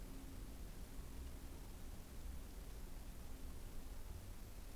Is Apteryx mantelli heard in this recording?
no